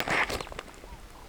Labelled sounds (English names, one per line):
Superb Starling flight call